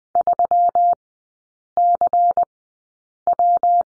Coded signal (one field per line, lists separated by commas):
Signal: Morse code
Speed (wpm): 20 wpm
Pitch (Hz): 700 Hz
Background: none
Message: 3CW